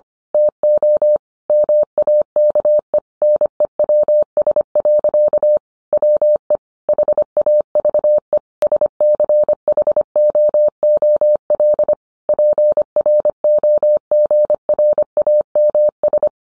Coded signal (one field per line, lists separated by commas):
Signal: Morse code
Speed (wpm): 25 wpm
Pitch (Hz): 600 Hz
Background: none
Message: TO MAKE NEWS. WE HAVE SCHOOL PROGRAMS